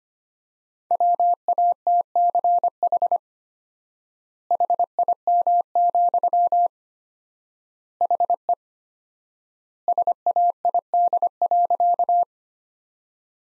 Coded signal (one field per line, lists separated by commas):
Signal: Morse code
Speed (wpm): 25 wpm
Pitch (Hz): 700 Hz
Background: none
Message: WATCH HIM, HE SAID.